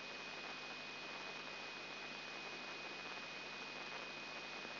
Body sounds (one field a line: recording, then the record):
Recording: brain microelectrode recording played as sound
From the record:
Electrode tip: inside the subthalamic nucleus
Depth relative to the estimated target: -3 mm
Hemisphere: left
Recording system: AlphaMap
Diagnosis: Parkinson's disease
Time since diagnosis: 8 years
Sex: female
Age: 37 years